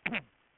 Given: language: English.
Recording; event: throat vibration sensor signal played as sound; throat clearing